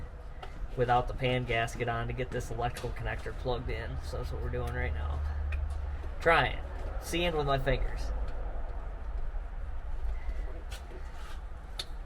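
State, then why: Seated. Someone talks while pushing a wiring harness connector onto the transmission of a 2000 F350 pickup with a 7.3 by feel, with the pan and pan gasket off, over a steady low hum. A sharp click at 11.8 s marks the connector seating home.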